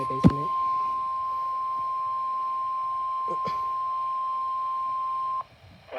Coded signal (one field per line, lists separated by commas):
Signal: Emergency Alert System (SAME) tones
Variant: 1050 Hz attention tone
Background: speech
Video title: SVR (EAS 4) (first eas video from NOAA!)